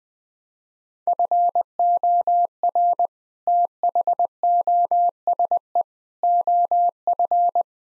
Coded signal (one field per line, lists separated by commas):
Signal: Morse code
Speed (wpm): 21 wpm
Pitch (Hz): 700 Hz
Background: none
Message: FOR THOSE OF